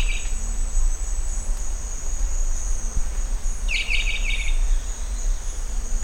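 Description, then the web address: Rondonia bushbird call: one rapid buzzy rattle of stacked notes, plus the tail of another at the start, against a continuous high-pitched insect hum. "sound Rondônia-bushbird"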